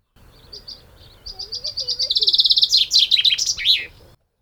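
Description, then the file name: Common chaffinch song: a run of high, evenly spaced chirps speeding into a fast rattling trill, then ending in a loud, tumbling, descending flourish. "Fringilla coelebs"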